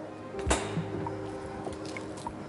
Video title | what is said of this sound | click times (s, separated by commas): 2016 Sporttrek 270 VBH by Venture | going to close this up so you can see how easy that is lock into place there | 0.5 s